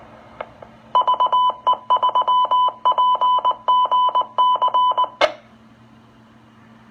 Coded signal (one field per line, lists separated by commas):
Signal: Morse code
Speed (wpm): 19 wpm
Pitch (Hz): 1000 Hz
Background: none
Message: VE3PGC